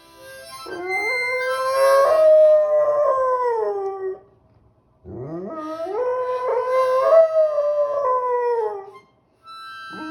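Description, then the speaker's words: Dog howling in two long drawn-out phrases, each rising at the start, then wavering and sliding slowly downward, with a short pause between them and a third beginning at the end. Pet dog howling along with a harmonica played in a living room, tail wagging. "Griffy was howling along with my brother's harmonica, tail wagging."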